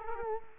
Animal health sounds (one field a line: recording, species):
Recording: mosquito wingbeat signal from an infrared sensor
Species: Culex quinquefasciatus